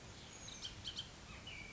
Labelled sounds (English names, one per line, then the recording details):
Bullock's Oriole
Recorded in Sonoma County, California